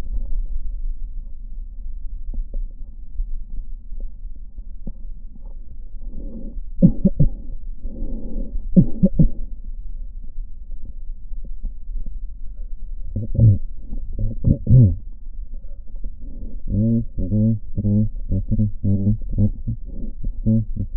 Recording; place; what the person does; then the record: lung sounds by stethoscope; left posterior basal chest; quiet breathing, then cough and speech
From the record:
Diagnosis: none (healthy); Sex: male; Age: 29 years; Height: 180 cm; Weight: 100 kg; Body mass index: 30.9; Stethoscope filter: diaphragm mode